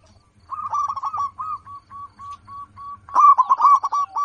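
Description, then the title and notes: Zebra dove song: a steady series of short, clear coos leading into a louder burst of rapid, ringing notes. Local-type zebra dove singing prolifically, its voice described as loud, clear and crystal-like. "PERKUTUT LOKAL GACOR Suara KRISTAL LANTANG. Kicau Burung Perkutut"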